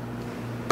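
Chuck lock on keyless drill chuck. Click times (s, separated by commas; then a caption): 0.7 s. The sleeve of a keyless drill chuck on a cordless drill is turned back slightly after tightening. It snaps into its locked position with a sharp click at 0.7 s after a low, steady background, confirming the chuck is locked so the drill bit won't loosen.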